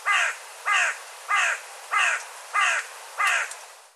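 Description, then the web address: Bird giving six harsh, downward-sloping calls, evenly spaced about every two-thirds of a second, with a faint hiss beneath. "cianscape birddata Deverinetal 2025"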